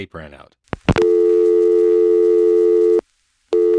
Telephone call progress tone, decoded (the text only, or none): dial tone